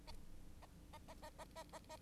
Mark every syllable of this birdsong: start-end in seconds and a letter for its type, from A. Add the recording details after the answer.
0.62-0.66 A, 0.93-0.98 A, 1.08-1.14 A, 1.22-1.30 A, 1.39-1.45 A, 1.55-1.63 A, 1.73-1.79 A, 1.89-1.97 A. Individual Bird9